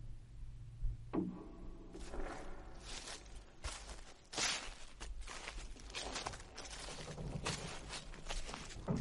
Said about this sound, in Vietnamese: Tiếng bước chân rất chậm đã bắt đầu gần hơn, nghe rõ hơn.